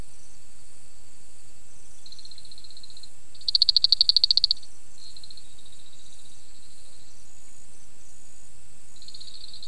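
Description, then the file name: Spiny reed frog giving a single fast train of sharp clicks lasting about a second, with continuous high buzzing in the background. "Afrixalus vittiger"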